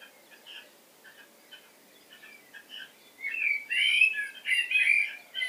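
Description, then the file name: Common blackbird with faint scattered notes at first, then a loud burst of rich, chattering and squeaky phrases in the last few seconds. "Turdus merula"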